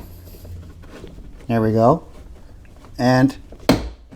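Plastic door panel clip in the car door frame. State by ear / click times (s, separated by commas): released / 3.7 s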